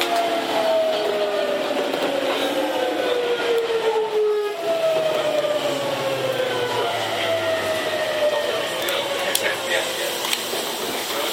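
A ride aboard a Tokyu 7700 series train between Kamata and Gotanda, with a steady rush of running noise throughout. A motor whine slides downward in pitch twice, breaking briefly near four seconds, while faint clicks and a low hum come and go later.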